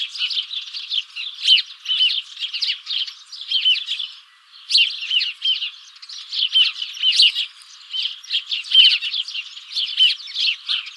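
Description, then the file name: House sparrows giving busy, overlapping chirps in bursts, with a short lull around the middle before the chattering resumes just as densely. "Passer domesticus"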